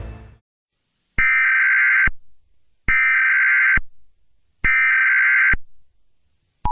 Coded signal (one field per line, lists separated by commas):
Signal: Emergency Alert System (SAME) tones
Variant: header bursts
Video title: Fake EAS Scenario - The Big Crumble